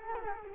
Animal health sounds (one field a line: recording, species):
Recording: mosquito wingbeat signal from an infrared sensor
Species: Culex quinquefasciatus